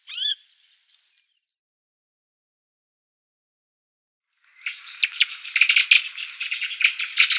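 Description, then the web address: Redwing calls: a short downslurred note and one thin high note at the start, then a pause before a long scratchy chattering rattle builds and continues. "Schulze Peter Redwing calls"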